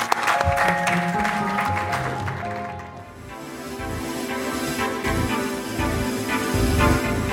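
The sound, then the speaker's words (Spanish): A crowd claps steadily for several seconds at the Gestas 2013 event, applauding guests from Token magazine, a dense crackle of many hands over a sustained bed of music, with no talking. “Un aplauso para ellos.”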